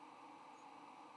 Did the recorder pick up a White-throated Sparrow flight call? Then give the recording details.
no. Another species' flight call is heard. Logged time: 05:59 on 8 November 2014